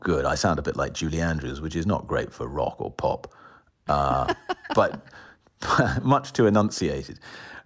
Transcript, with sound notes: I sound a bit like Julie Andrews, which is not great for rock or pop.
(Laughter).
But - much too enunciated.